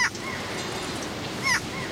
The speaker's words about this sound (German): Möwen. Hören Sie? Küste der Antarktis. Nacht.